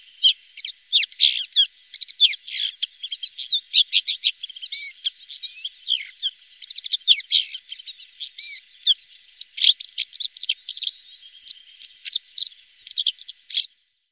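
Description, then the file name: Red-backed shrike singing a long, varied warble: squeaky chirps, short whistles and dry scratchy notes tumbling in quick irregular succession, no other sounds evident. "Tornskata"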